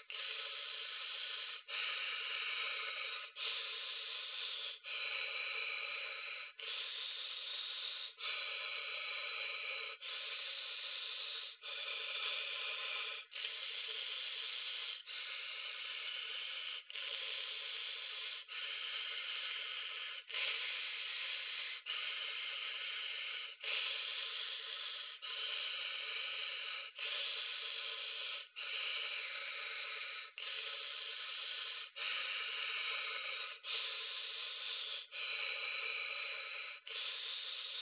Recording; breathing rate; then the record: paced breathing near a phone; 18 breaths a minute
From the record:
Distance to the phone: 20 cm